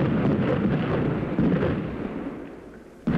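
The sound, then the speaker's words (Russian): Artillery shells explode all around on a battlefield in a dense, continuous low rumble of overlapping booms that slowly fades, then a sudden fresh blast hits right at the end. No voices. “Вокруг взрываются снаряды.”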